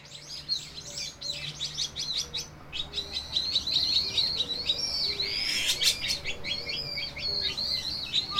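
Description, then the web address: Bird song, rapid high twittering and warbled notes run together almost continuously, with quick chirps and trills over faint low background noise. "yacho koe"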